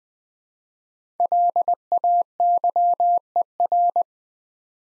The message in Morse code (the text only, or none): LAYER